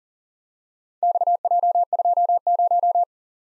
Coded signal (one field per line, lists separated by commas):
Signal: Morse code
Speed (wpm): 38 wpm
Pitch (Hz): 700 Hz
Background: none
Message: XJ20